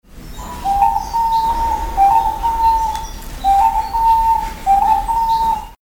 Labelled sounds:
Diamond Dove (Geopelia cuneata)
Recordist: Tembrock, Günter
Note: Balzfolgen des Männchens

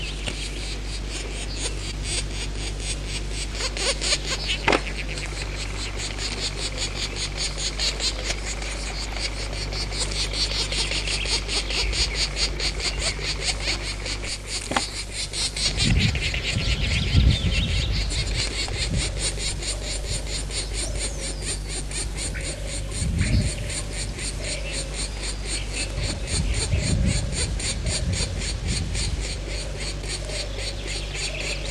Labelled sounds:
Black Woodpecker (Dryocopus martius)
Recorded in the wild
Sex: diverse
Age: diverse
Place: Dürrbach, Sachsen, DE
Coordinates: 51.3583, 14.6164
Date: 1957-05-01
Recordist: Meyer, Hugo

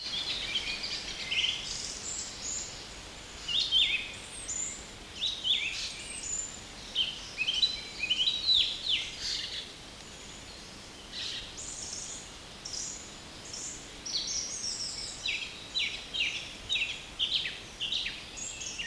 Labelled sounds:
Song Thrush (Turdus philomelos)
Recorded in the wild
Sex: male
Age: adult
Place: Mühlenbeck, Brandenburg, DE
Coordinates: 52.667, 13.37
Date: 1992-05-23 11:30
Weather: 23-24°C, böiger Wind
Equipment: Nagra SN, Mikrofon AKG CK 8, Kopie Tesla B 116
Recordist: Tembrock, Günter

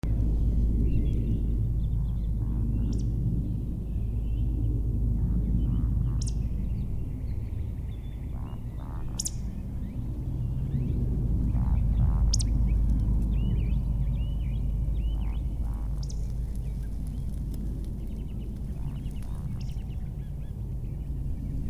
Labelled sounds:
Eurasian Woodcock (Scolopax rusticola) flight song
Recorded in the wild
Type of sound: flight song
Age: adult
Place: Bernau bei Berlin, Forst Bernau, Brandenburg, DE
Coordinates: 52.6958, 13.5256
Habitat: wood
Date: 2007-04-07 20:23
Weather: fair, 10°C, almost no wind
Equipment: Sound Devices 702, Sennheiser MKH 70, Windkorb
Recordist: Frommolt, Karl-Heinz
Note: Rieselfläche bei Waldfrieden: Flugrufe. Entfernung ca. 10 m. Tier gesehen

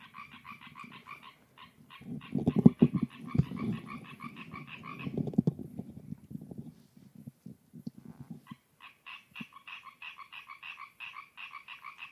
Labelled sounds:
Common Tree Frog (Hyla arborea) call
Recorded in the wild
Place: Kloster, Insel Hiddensee, Mecklenburg-Vorpommern, DE
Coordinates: 54.5883, 13.1158
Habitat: lake
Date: 2012-09-10 20:15
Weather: 15°C, almost windless
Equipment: Sound Devices 702, Sennheiser MKH 415 T, Rhode Windschutz
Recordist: Frommolt, Karl-Heinz

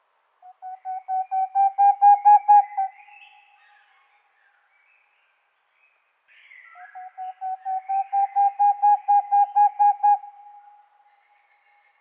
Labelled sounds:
Boreal Owl (Aegolius funereus)
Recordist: Frommolt, Karl-Heinz

